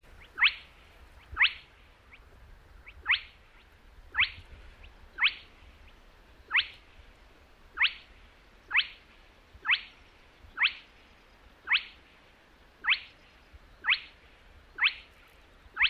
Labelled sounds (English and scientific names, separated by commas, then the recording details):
Spotted Crake (Porzana porzana)
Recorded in the wild
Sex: male
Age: adult
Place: Kützerhof, Kummerower See, Mecklenburg-Vorpommern, DE
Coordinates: 53.8564, 12.8597
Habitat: wetland
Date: 2009-06-17
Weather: leicht bewölkt, schwacher Wind aus West, ca. 10 °C
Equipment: Sound Devices 702, Sennheiser MKH 70, Popschutz
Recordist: Frommolt, Karl-Heinz